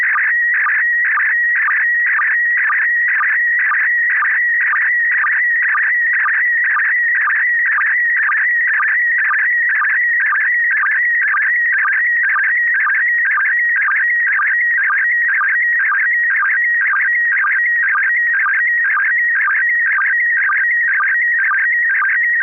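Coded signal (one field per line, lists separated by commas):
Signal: SSTV (slow-scan television)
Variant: PD120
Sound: steady warbling, chirpy tone with a short low blip about twice a second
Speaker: what we're generally doing is using pd12 20 which is the same mode that's used at the by the International Space Station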